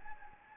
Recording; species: mosquito wingbeat signal from an infrared sensor; Anopheles gambiae